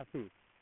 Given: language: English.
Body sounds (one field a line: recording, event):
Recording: throat vibration sensor signal played as sound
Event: speech